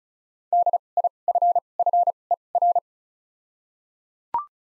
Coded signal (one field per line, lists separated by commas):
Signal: Morse code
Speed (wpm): 34 wpm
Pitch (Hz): 700 Hz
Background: none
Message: D I F F E R